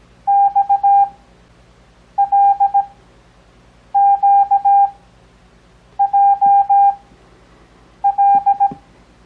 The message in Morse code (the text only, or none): XLQJL